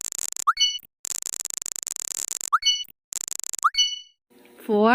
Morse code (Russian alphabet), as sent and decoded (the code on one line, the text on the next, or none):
none